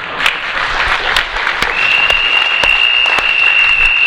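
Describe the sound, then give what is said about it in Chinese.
Audience applause, a dense patter of many hands clapping steadily for about four seconds, with a thin high-pitched whistle-like tone appearing partway through and holding to the end. “这个掌声很勉强啊”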